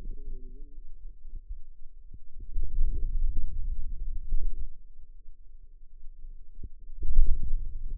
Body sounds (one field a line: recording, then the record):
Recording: forearm muscle sounds (acoustic myography)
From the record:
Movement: hand opening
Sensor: system 2, bracelet of six BSWA MPA416 microphones around the upper forearm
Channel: 6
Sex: female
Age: 21 years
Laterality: right